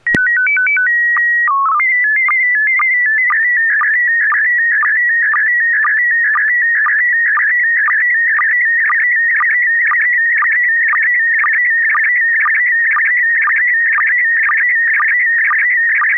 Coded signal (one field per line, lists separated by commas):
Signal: SSTV (slow-scan television)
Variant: PD 120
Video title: N6NA SSTV Net - 04/02/2025